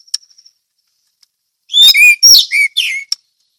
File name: suara anis merah ngeplong teler